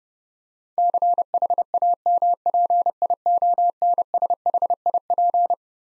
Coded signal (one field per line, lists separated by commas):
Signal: Morse code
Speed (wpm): 30 wpm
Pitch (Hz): 700 Hz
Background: none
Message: CHAMPIONSHIP